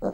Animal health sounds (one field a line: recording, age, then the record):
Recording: pig call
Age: piglet (1 to 25 days)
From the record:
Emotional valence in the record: negative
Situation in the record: long isolation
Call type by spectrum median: low-frequency call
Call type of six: low-frequency stable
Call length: 0.14 s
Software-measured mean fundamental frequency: 53 Hz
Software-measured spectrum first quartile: 252 Hz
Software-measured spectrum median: 449 Hz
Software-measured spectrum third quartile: 595 Hz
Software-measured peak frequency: 590 Hz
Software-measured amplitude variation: 149 dB a second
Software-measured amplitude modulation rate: 3.7 a second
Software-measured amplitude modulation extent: 40.2 dB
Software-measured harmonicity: 0.7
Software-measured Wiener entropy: -0.60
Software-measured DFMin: 1518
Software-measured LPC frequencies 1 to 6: 550, 1407, 2816, 4157, 5118, 6419 Hz